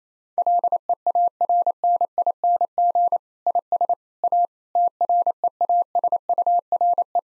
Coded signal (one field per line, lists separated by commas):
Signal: Morse code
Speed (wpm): 28 wpm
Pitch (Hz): 700 Hz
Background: none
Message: LEARNING IS A TREASURE